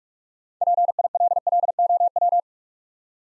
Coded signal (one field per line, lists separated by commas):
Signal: Morse code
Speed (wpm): 44 wpm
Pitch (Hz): 700 Hz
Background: none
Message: PILLOW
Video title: Easy Words with Hints - 45wpm